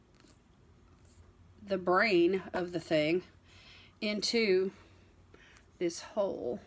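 A fitness tracker core, detached from its charging piece, is held in position before being fitted into its wristband. Someone talks while faint handling sounds are heard, including soft taps around 0.2, 1.1 and 5.4 seconds. The module has not yet seated or clicked into the band.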